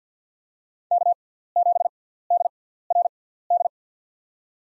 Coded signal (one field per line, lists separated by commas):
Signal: Morse code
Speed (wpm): 47 wpm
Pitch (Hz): 700 Hz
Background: none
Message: K7DRD